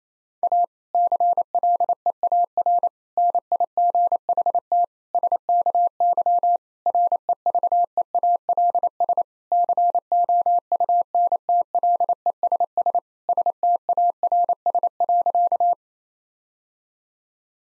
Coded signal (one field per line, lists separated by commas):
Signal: Morse code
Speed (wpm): 28 wpm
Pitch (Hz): 700 Hz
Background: none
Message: A CLEAR NIGHT SKY REVEALS COUNTLESS STARS.